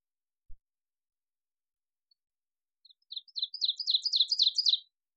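Ovenbird song after a brief low thump: sharp paired high notes repeated rapidly, building in volume across about two seconds, then silence.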